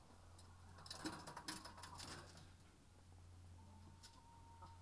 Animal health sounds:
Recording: poultry house recording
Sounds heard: sick chickens (respiratory disease)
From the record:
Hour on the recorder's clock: 15

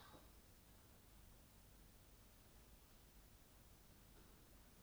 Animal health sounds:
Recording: poultry house recording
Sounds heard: no chicken sound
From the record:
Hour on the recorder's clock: 22

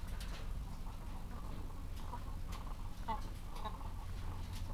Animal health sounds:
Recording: poultry house recording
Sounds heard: sick chickens (respiratory disease)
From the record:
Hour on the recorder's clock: 14

